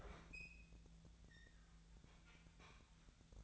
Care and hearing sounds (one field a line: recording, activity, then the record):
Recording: daily activity, microphone in the room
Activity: open fridge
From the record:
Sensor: 3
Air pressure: 1009.7 hPa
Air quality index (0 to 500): 192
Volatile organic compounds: 15 ppm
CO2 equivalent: 2499 ppm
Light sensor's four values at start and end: 38/94/40/43 and 38/94/40/43